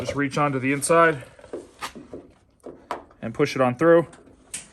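A rubber glass bump stop is reached through from the inside and pushed through a rectangular slot at the bottom of a Ford Bronco tailgate while someone talks. Brief soft knocks of handling are heard between the words, with sharper taps near 2.9 and 4.6 seconds. The part has not snapped in or seated yet.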